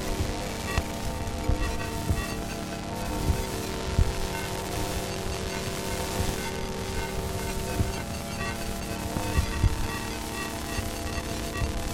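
Electromagnetic interference fills the clip as a dense, steady buzzing hum with many fixed tones stacked from low to high. Irregular clicks and pops break through every second or so, with a louder crackle near four seconds, over a constant hiss.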